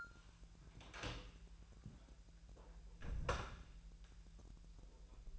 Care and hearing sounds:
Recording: daily activity, microphone in the room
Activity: close door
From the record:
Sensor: 2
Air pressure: 1001.3 hPa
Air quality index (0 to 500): 243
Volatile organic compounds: 77 ppm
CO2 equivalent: 3582 ppm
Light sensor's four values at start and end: 10/24/10/10 and 10/24/10/10

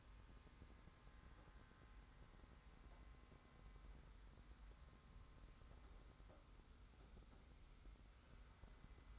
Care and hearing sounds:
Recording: daily activity, microphone in the room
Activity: wipe stove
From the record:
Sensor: 3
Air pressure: 991.4 hPa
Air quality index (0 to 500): 146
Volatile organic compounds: 409 ppm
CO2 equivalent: 4686 ppm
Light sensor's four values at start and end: 51/140/57/50 and 51/140/57/51

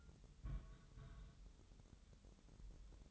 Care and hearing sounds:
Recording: daily activity, microphone in the room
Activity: place on stove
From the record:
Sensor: 3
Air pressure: 988.2 hPa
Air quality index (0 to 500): 190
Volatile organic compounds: 263 ppm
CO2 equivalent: 4393 ppm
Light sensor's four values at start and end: 24/75/31/27 and 24/75/31/27

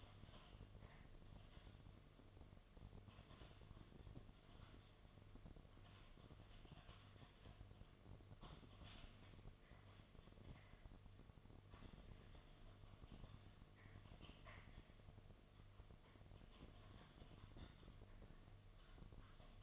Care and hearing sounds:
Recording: daily activity, microphone in the room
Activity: typing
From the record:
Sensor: 4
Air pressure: 1005.2 hPa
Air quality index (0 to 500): 182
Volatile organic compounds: 5 ppm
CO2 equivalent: 1791 ppm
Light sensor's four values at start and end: 6/12/5/4 and 6/12/5/4

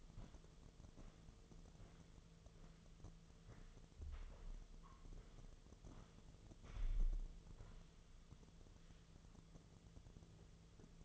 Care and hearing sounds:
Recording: daily activity, microphone in the room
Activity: walk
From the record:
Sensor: 4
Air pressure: 1006.2 hPa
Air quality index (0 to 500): 87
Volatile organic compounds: 2 ppm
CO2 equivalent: 1074 ppm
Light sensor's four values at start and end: 12/28/11/10 and 12/28/11/10

